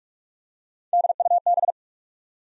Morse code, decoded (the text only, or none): D U B